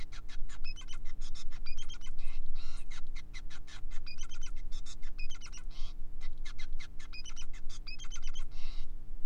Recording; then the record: song of a male Bengalese finch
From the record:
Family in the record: son of father 5